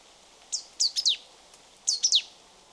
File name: Poecile palustris